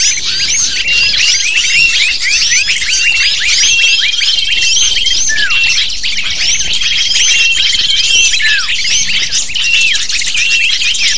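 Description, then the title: Lovebirds squawk and chirp in a dense shrill flock chorus, with repeated falling notes and several long level whistled tones. Sound used to lure lovebirds. "PIKAT BURUNG LOVEBIRD"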